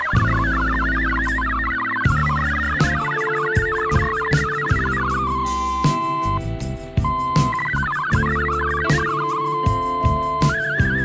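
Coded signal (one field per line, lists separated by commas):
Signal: multi-tone FSK (Olivia or MFSK type)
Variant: MFSK64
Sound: rapid warbling tones hopping between pitches, over steady low notes and periodic thumps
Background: background music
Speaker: in the last two minutes of this video i'm going to show you an image that was sent on story radiogram on september 25th 2020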